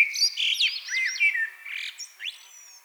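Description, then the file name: Common blackbird warbling phrase of quick fluted slides mixed with thin high squeaks and twittering notes. "Turdus merula"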